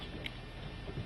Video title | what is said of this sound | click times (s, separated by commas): Ole's Fishing School #1 Hand Cut Herring | snap sound like so that's all set up and good to go | 0.3 s